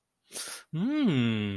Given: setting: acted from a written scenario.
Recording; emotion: vocal sound without words; interest